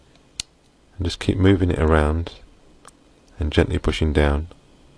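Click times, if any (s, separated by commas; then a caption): none. A flex cable connector on a Lumia 920 is moved around and gently pushed down onto its phone board socket while someone talks, with a brief sharp tick near 0.4 s. Nothing has seated or clicked into place yet.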